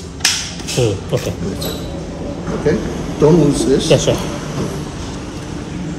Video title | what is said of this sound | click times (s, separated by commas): Indian in Jeju Island - Jeju Ebike - How to get to Jeju Island from Seoul - jeju vlog korea | up the bottom first pull press until you hear click | 0.2 s